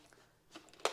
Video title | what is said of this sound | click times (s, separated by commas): Topeak Torq Stick Pro 4-20 Nm Bike Torque Wrench Set Review - feat. Reversible Ratchet + 18 Bits | just feels a lot more secure and premium and you can see when it locks into place you | 0.9 s